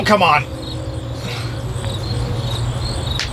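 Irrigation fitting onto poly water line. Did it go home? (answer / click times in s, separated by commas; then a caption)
yes / 3.2 s. Someone talks briefly while pushing an irrigation fitting onto a cold polyethylene irrigation water line in a caterpillar tunnel, which takes effort because the line is cold, over a steady low background hum. A short sharp click at 3.2 s marks the fitting snapping home, confirmed as seated on the line.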